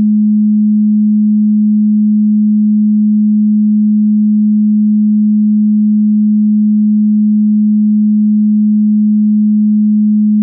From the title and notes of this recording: PURE 211.44 HZ 100% MOST POWERFUL Neptune Frequency. Neptune oscillates in the 40th octave with 211,44 Hz, the tone is a G#.